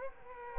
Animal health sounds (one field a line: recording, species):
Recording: mosquito wingbeat signal from an infrared sensor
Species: Culex quinquefasciatus